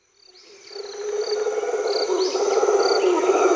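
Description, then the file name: Mantled howler monkey howl: a deep, rough, droning roar that swells steadily, with short high whistles above. "Eloisa Matheu, Jean C. Roch - Alloueta Palliata - Mantled-Howler Monkey"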